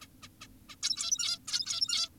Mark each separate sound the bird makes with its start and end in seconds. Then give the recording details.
0.02-0.07, 0.23-0.28, 0.41-0.47, 0.69-0.76, 0.83-1.39, 1.48-2.09. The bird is an adult. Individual g17y2U